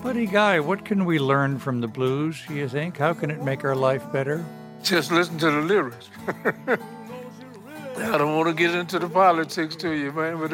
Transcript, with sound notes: Buddy Guy, what can we learn from the blues, do you think? How can it make our life better?
Just listen to the lyrics. (laughter) I don't want to get into the politics to you, man.